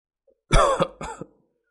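Two harsh, raspy coughs in quick succession, the first louder and longer, the second slightly softer, with no talking around them.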